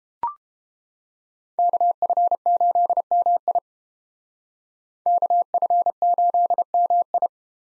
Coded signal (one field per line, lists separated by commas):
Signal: Morse code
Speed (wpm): 29 wpm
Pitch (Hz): 700 Hz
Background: none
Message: KF8MI KF8MI